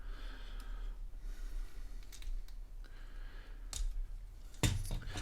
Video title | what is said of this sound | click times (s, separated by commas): Deadlock - Transformers: Legends | And I'm not sure how they do it, but they don't really stay in the fist until you push them all the way down. You actually kind of hear them click. | 4.6 s